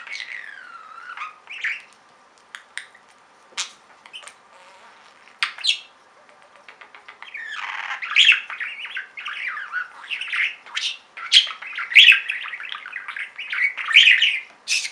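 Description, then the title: Budgerigar calls: scattered chirps and clicks at first, then steady, busy warbling chatter with buzzy squawks for the rest. "Budgie Sounds"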